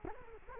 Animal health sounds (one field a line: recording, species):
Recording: mosquito wingbeat signal from an infrared sensor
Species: Culex quinquefasciatus